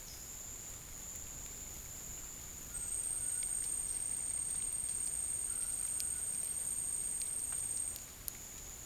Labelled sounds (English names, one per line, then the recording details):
White-throated Toucan
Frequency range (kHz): White-throated Toucan 1.0-2.1 kHz
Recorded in dense forest near Puerto Asís, Putumayo, Colombia, on 22 June 2025 at 14:30
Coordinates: 0.503, -76.323
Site G059